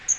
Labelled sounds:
Magnolia Warbler (Setophaga magnolia) flight call

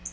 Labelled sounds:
Black-throated Blue Warbler (Setophaga caerulescens) flight call

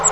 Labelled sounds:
Grace's Warbler (Setophaga graciae) flight call

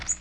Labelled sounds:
Magnolia Warbler (Setophaga magnolia) flight call

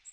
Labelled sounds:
Magnolia Warbler (Setophaga magnolia) flight call

